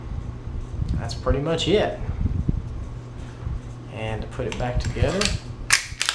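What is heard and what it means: Someone talks while reassembling a Beretta 92 pistol, handling the steel slide to run it back onto the frame, with short sharp metallic handling clicks near the end. The slide has not seated or clicked into place on the frame yet.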